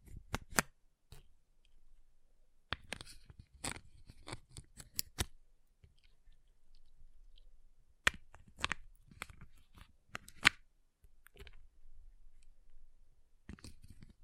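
Ice is tapped and scratched in irregular bursts of sharp clicks and scrapes, clustered around the start, middle and end with quiet gaps.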